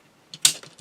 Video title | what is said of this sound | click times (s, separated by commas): Newage Hephaestus Set D (Combined Mode) | there and he will snap in y'all hear that | 0.5 s